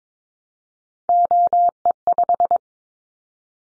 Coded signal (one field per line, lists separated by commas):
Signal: Morse code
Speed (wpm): 22 wpm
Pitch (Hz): 700 Hz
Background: none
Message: OE5